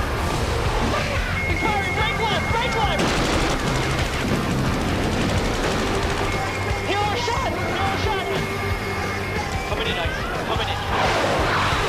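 Inside the cockpit of an F-14 Tomcat, a dense, steady roar fills the whole clip with a low rumble underneath. Voices come through the radio in bursts, and thin tones and warbling beeps sound now and then, clearest around three seconds and near the end.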